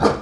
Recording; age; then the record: pig call; growing-finishing pig (85 days or more)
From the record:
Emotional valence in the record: positive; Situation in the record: run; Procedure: transit